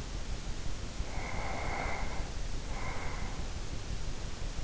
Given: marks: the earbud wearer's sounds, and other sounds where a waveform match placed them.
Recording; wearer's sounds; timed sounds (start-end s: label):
sounds in sleep by an in-ear microphone; breath
0.82-3.55 s: breath